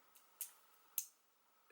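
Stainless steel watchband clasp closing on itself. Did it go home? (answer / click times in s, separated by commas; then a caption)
yes / 1.0 s. The fold-over clasp of a Casetify gold stainless steel link Apple Watch band is closed on itself, like any metal link watch. A faint tick comes at 0.15 seconds and a softer tick at 0.4 seconds, then a single sharp tick at 1.0 seconds as the clasp snaps shut and the band is fastened.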